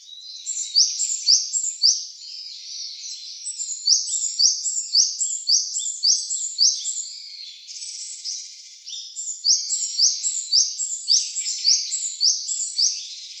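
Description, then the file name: Japanese tit calling with a steady run of sharp, high, repeated notes, nearly two a second, in short series with brief pauses between them. "sijukara"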